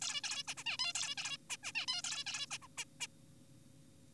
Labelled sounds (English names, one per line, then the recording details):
Zebra Finch
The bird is an adult
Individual g4p5U